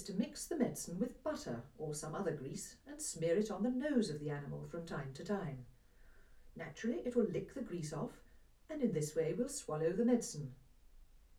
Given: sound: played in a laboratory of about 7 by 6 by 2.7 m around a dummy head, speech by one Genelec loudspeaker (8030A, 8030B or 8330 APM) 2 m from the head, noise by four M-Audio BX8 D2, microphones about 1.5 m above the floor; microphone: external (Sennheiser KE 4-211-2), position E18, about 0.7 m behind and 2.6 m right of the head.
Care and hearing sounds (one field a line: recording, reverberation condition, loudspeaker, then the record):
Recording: female speech in English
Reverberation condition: low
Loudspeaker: 30 degrees to the left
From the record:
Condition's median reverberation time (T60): about 310 ms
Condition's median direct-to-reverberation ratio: about 3.5 dB